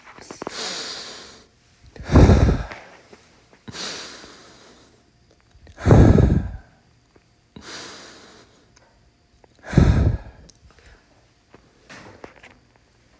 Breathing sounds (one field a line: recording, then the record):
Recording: deep breathing after running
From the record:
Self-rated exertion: moderate exertion (3 of 6)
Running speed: 6 miles an hour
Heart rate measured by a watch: 154 beats a minute at the start, 151 at the end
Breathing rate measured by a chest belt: 30 breaths a minute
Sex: male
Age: 31 years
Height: 178 cm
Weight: 72 kg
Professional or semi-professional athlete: no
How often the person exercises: 3 to 5 times a week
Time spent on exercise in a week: 2 to 3 hours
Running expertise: yes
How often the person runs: 3 to 5 times a week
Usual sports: running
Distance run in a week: 5 km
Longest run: 10 km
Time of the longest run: 65 minutes